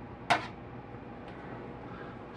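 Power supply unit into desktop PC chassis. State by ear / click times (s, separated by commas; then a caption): seated / 0.3 s. A desktop power supply unit is pushed into the metal chassis of a Dell OptiPlex 780 desktop PC. A single sharp click at 0.3 s rises over a faint, steady background hiss. The power supply's latch locks and it is seated in the chassis.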